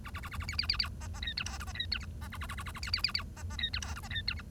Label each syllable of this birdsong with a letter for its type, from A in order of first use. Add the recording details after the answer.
A A A A A B B B B C C D E F G C D E H C A A A A A A B B B B C C D E F G C D E H. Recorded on 1 October 2012 at 09:59. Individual or60yw70